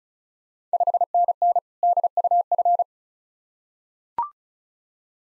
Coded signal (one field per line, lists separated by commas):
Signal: Morse code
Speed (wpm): 36 wpm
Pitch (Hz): 700 Hz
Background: none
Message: 5NN DUF